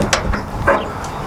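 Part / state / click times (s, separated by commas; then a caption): tie-down strap ratchet on a trailer wheel cradle / not seated / none. The built-in ratchet winch on a trailer wheel cradle for cars is tightened to cinch the tire strap. A sharp metallic knock sounds at 0.1 s, followed by further broadband ratcheting bursts around 0.3 s and 0.7 s over a steady low background. Nothing has locked or seated yet.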